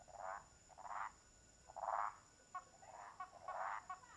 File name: Sapos no lago inicio da noite com estalos de madeira, grilos e cigarras longe